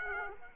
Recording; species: mosquito wingbeat signal from an infrared sensor; Aedes aegypti